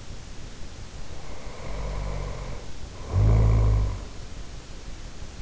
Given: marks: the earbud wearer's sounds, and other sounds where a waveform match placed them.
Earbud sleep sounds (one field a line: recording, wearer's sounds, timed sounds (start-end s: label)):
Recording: sounds in sleep by an in-ear microphone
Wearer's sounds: snoring breath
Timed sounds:
0.97-4.15 s: snoring breath